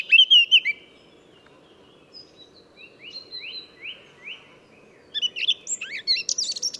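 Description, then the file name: Eurasian blackcap notes: a short loud whistled phrase, then a string of faint rising notes, and a final burst of scratchy warbling. "Sylvia atricapilla"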